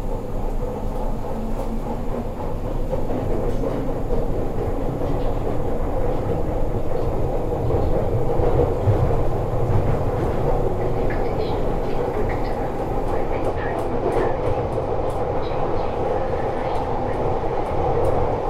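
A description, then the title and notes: A train or tube ride rumbles along with a steady, dense low roar that holds loud throughout. Faint voices and squeaks come through the noise, and after about thirteen seconds a series of sharp, bright clicks and ticks repeats until the end. To Brixton (Electric Avenue). I took the train and tube to Brixton, arriving in Electric Avenue, probably for a gig or to go dancing.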